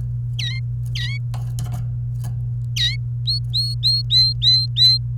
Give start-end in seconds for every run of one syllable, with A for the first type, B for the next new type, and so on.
0.95-1.18 A, 2.77-2.96 A, 3.26-4.98 B